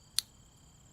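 The striker housing is pushed in and the slide back plate is slid onto the rear of a Sig Sauer P365 pistol slide, finishing the installation of a Lightning Strike striker for primer drag elimination. A single sharp, bright click sounds at 0.2 s against faint steady high tones. The back plate is properly seated.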